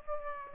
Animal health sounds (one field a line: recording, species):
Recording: mosquito wingbeat signal from an infrared sensor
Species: Aedes aegypti